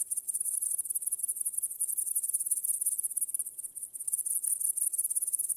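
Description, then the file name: Crickets chirping in a dense, high-pitched pulsing trill, many fast repeated pulses blending into a continuous shimmering band with slight dips in loudness. "świerszcze"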